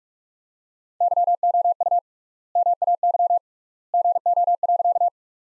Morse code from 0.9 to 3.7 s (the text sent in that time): YOU MAY